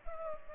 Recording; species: mosquito wingbeat signal from an infrared sensor; Culex pipiens